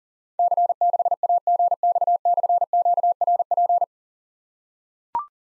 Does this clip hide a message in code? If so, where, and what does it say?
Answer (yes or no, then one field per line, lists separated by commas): yes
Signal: Morse code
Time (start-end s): 0.4-3.8 s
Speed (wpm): 40 wpm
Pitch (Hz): 700 Hz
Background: none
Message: C6AGX/QRP